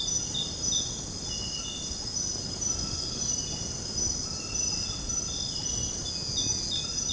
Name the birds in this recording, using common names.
none